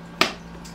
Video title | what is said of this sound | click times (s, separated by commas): Pelican 1510 & Nanuk 935 Showdown Review | the way that the the handles just sort of clicked into place | 0.2 s